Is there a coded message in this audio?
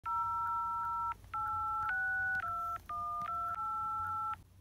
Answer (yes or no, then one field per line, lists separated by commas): yes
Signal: DTMF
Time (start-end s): 0.0-4.4 s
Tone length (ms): 520 ms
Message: 0862128